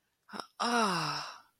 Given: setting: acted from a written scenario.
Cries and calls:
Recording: vocal sound without words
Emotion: contentment

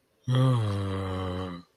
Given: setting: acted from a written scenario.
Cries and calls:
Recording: vocal sound without words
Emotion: disappointment

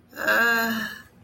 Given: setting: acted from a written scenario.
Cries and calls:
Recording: vocal sound without words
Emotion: shame

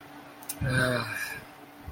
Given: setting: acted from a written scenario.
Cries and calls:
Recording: vocal sound without words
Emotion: disappointment

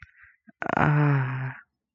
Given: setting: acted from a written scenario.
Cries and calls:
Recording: vocal sound without words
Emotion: desire

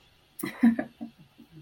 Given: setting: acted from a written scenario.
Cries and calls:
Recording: vocal sound without words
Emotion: embarrassment

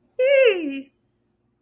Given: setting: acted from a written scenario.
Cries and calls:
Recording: vocal sound without words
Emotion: elation

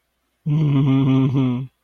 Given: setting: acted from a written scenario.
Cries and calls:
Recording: vocal sound without words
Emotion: adoration

